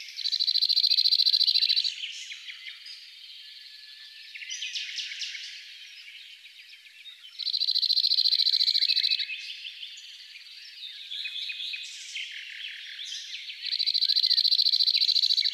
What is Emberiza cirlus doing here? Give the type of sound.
song